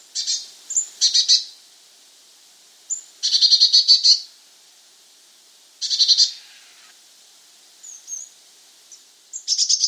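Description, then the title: Eurasian blue tit giving harsh, buzzy churring rattles in bursts of up to about a second, separated by pauses, with a few thin high notes between them. "Gelatikbt. Eurasian Blue Tit (Cyanistes caeruleus)"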